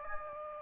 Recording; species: mosquito wingbeat signal from an infrared sensor; Anopheles gambiae